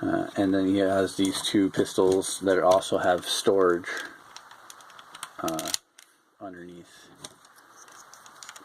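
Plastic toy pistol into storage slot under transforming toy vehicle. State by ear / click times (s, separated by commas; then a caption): not seated / none. Someone talks while handling the plastic pistols of a Takara Masterpiece Ironhide transforming toy robot, fitting them toward the storage slots under its vehicle mode. Small sharp plastic clicks and rattles come after the talking, around 4.4 to 5.2 seconds and again at 7.3 seconds. Nothing has seated or clicked into the slots yet.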